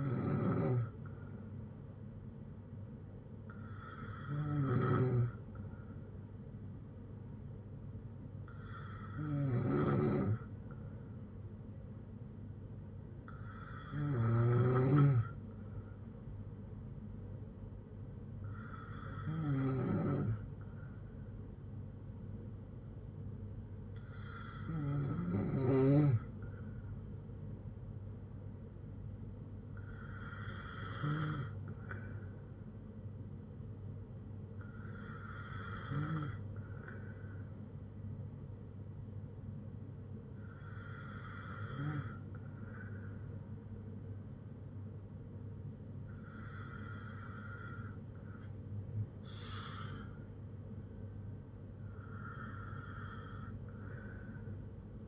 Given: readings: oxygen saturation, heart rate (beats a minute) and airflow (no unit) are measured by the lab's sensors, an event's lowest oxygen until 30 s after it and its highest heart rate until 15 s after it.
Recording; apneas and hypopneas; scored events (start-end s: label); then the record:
breathing in sleep by a smartphone at the bedside; none
none scored
From the record:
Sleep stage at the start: N2 (light sleep); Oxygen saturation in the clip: 93 to 94%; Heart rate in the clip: 58 to 68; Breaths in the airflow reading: 11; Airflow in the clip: -5.3 to 3.9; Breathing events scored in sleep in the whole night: 182 in 7.4 hours asleep